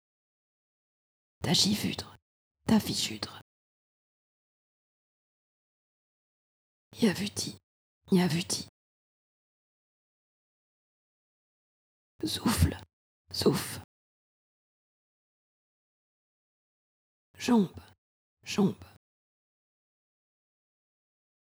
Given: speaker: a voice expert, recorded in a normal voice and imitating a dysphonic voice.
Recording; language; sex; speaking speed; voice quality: pseudo-word pairs; French; female; fast speed; dysphonic voice